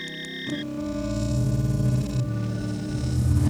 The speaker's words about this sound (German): Sie nimmt ihr Handy, wählt eine Nummer. Wir hören es klingeln.